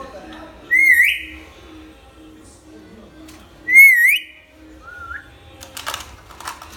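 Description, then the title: Hill myna giving two short rising whistles a few seconds apart, then a lower slurred note and faint rustling. Talkative ('gacor') hill myna song used as a tutor recording for training birds. "Suara Burung Beo Gacor Cocok Untuk Masteran"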